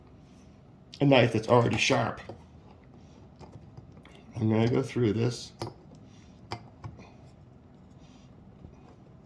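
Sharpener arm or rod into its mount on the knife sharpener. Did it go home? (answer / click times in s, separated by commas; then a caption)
partly / 6.5 s. Someone talks, then a sharpener arm or rod is fitted into its mount on a Work Sharp Precision Adjust Knife Sharpener, with small handling ticks and a sharp knock at 6.5 s. The part only partly seats and does not lock in firmly.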